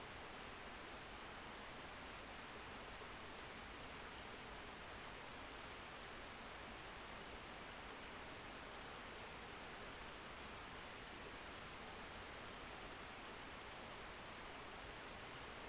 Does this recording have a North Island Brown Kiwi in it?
no